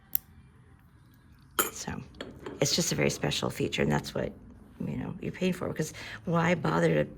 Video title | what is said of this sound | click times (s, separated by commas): Destashing Specialty Jewelry Making Components From 2000-2014 | right? Where it locks in place. | 0.1 s